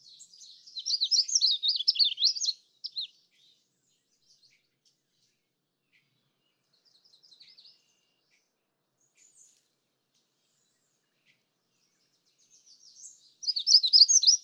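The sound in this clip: Magnolia warbler song: a burst of high quick warbled notes, a long quiet pause with faint chips, then the phrase again at the end.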